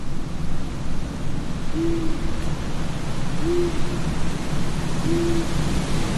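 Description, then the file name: Owl hoots, three short level notes, evenly spaced, over a steady low rush of wind. Owls at night in a graveyard ambience with wind. "zapsplat horror graveyard ambience night wind owls"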